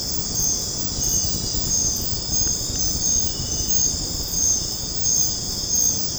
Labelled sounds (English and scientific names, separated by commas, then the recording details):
none
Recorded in secondary vegetation near Puerto Asís, Putumayo, Colombia, on 8 March 2025 at 23:30
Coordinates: 0.481, -76.318
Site G097